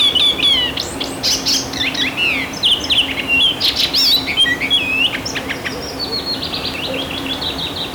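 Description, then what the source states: Icterine warbler song, a fast, varied jumble of whistled and chattering phrases with rising and falling notes, continuous, with a low steady hum beneath. Recorded at Siljansnäs, Sweden.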